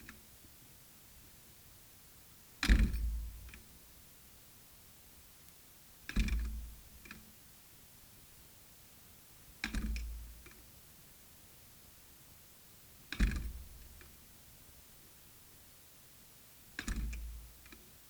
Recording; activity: daily activity, guitar pickup as the sensor; manipulate door